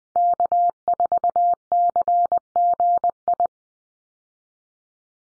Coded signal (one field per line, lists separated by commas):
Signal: Morse code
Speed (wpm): 20 wpm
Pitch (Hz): 700 Hz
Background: none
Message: K4CGI